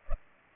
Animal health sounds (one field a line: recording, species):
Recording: mosquito wingbeat signal from an infrared sensor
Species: Culex pipiens